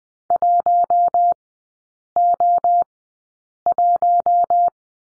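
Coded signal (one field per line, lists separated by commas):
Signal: Morse code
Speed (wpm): 20 wpm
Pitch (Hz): 700 Hz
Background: none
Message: 1O1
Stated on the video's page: Morse code course lesson at Farnsworth speed 20/10 wpm.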